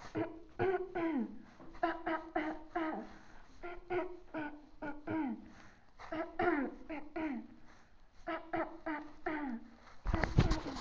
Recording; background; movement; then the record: throat clearing; quiet; sitting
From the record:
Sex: female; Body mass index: 18.8 kg/m2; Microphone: on the chest, facing outward